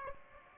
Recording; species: mosquito wingbeat signal from an infrared sensor; Aedes aegypti